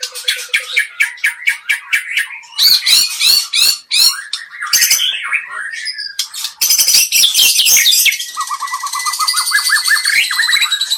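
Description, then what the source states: White-rumped shama song with fast repeated chips, harsh rattles and clear whistles, ending in a long trilling, rapidly pulsed phrase. Murai song of the Medan type.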